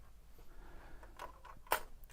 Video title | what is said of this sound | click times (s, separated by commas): As Featured On Linus Tech Tips - Two Guys Talk Tech #185 | so when it went under tension it just snapped into place but yeah nothing broke though it's fine | 1.7 s